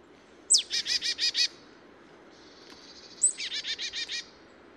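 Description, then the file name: Marsh tit calls: a sharp, high descending note followed by five or six buzzy, nasal notes, the whole phrase given twice with a short pause between. "Poecile palustris"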